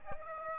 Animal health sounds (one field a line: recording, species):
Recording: mosquito wingbeat signal from an infrared sensor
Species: Aedes aegypti